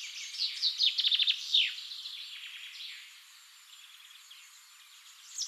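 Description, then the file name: Common chaffinch: finch-like song: a brief run of quick descending trilled notes ending in a flourish, then fading into steady high hiss with faint notes. "Fringilla coelebs"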